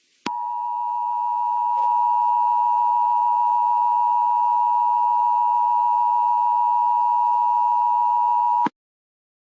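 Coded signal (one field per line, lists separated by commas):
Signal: Emergency Alert System (SAME) tones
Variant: 853 and 960 Hz attention tone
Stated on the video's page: Fictional EAS scenario about the Sudan conflict, using valid EAS tones.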